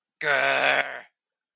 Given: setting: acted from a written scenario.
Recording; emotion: vocal sound without words; anger